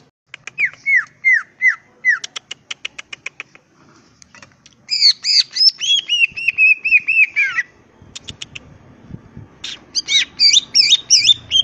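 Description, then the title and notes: Greater green leafbird song, a rich, varied medley: repeated downslurred whistles, quick clicking notes, rolling chattered trills, then high squeaky, buzzy phrases. Singing vigorously (gacor), called melodious, in 'ngentrok' and 'jambul nembak' style; used as a master recording for training cucak ijo birds. "Cucak Ijo Gacor Ngentrok Jambul Nembak. suara burung cucak ijo gacor, merdu cocok buat masteran burung cucak ijo"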